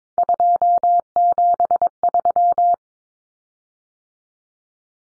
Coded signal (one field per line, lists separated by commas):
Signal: Morse code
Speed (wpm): 22 wpm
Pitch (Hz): 700 Hz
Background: none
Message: 273